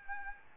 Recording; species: mosquito wingbeat signal from an infrared sensor; Aedes albopictus